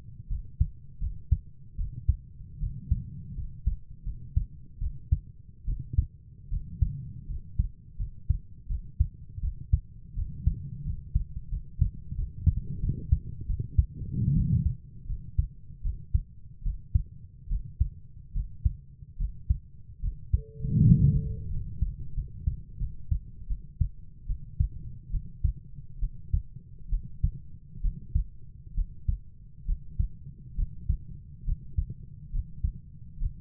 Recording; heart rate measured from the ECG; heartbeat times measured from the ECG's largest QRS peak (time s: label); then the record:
heart sounds by stethoscope; 77 bpm
0.29 s: heartbeat
1.00 s: heartbeat
1.77 s: heartbeat
2.60 s: heartbeat
3.35 s: heartbeat
4.04 s: heartbeat
4.80 s: heartbeat
5.66 s: heartbeat
6.50 s: heartbeat
7.27 s: heartbeat
7.98 s: heartbeat
8.68 s: heartbeat
9.41 s: heartbeat
10.15 s: heartbeat
10.84 s: heartbeat
11.50 s: heartbeat
12.16 s: heartbeat
12.81 s: heartbeat
13.47 s: heartbeat
14.35 s: heartbeat
15.07 s: heartbeat
15.83 s: heartbeat
16.63 s: heartbeat
17.49 s: heartbeat
18.34 s: heartbeat
19.18 s: heartbeat
20.02 s: heartbeat
20.83 s: heartbeat
21.50 s: heartbeat
22.15 s: heartbeat
22.79 s: heartbeat
23.48 s: heartbeat
24.27 s: heartbeat
25.11 s: heartbeat
26.00 s: heartbeat
26.90 s: heartbeat
27.82 s: heartbeat
28.75 s: heartbeat
29.66 s: heartbeat
30.56 s: heartbeat
31.45 s: heartbeat
32.32 s: heartbeat
33.18 s: heartbeat
From the record:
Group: healthy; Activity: rest 0-22 s, Valsalva maneuver 22-33 s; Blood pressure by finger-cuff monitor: 102/59 mmHg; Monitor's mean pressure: 75 mmHg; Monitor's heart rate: 73 bpm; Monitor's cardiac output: 7.2 L/min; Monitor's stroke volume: 92 mL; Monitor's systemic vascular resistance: 760 dyn s/cm5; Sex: female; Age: 22 years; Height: 160 cm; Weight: 63 kg